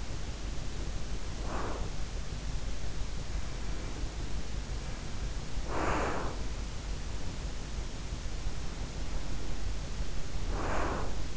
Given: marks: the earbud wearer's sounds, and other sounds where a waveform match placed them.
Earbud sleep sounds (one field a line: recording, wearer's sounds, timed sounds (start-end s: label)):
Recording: sounds in sleep by an in-ear microphone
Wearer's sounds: breath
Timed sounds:
0.00-2.27 s: breath
3.54-6.63 s: breath
8.67-11.37 s: breath